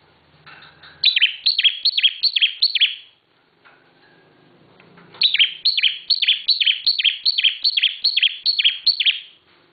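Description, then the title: Bar-winged prinia song: bright, downslurred chirps repeated about two and a half times a second in two bursts, separated by a short quiet gap with faint background calls. Long song recording made for training cage birds. "Suara Ciblek Semi"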